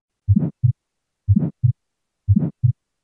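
Three regular heartbeats at about 60 a minute in an adult heart heard by stethoscope at a stethoscope landmark. Each first sound runs into a brief, harsher systolic murmur that rises and falls before a clean second sound. This is mild aortic stenosis.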